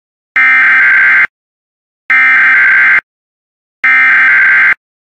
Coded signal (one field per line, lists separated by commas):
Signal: Emergency Alert System (SAME) tones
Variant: header bursts